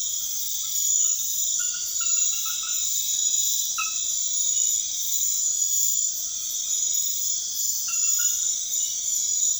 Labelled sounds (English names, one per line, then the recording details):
none
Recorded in pastures near Puerto Asís, Putumayo, Colombia, on 28 February 2025 at 01:00
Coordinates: 0.502, -76.324
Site GP07